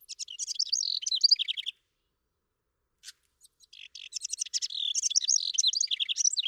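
House wren singing an energetic, gurgling cascade of rapid notes and trills, pausing briefly with a few short notes before launching into another long bubbling phrase.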